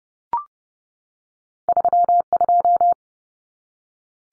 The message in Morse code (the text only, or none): 32